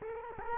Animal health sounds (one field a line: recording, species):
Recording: mosquito wingbeat signal from an infrared sensor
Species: Culex quinquefasciatus